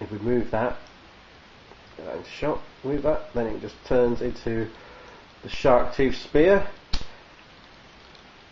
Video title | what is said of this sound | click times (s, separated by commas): Sharkticon Megatron - Transformer of the week. | and this bit clicks into place, and | 6.9 s